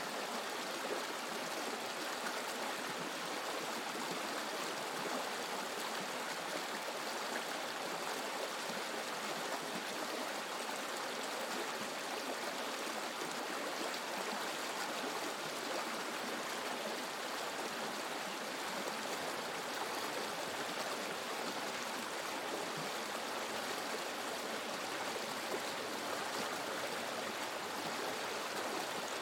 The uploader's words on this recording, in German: In dieser Episode lass dich von der beruhigenden Melodie des sanft fließenden Flusses in den Schlaf wiegen.